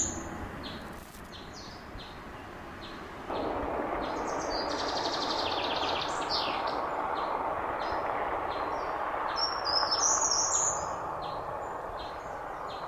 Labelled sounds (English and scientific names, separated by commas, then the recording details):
Short-toed Treecreeper (Certhia brachydactyla) song
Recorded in the wild
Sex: male
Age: adult
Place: Wesendahl, Barnim, Brandenburg, DE
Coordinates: 52.6044, 13.7886
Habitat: farmland
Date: 1991-07-01 14:32
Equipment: Uher 4000 Report Monitor, Sennheiser ME 80, K 30 AV, Original
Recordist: Frommolt, Karl-Heinz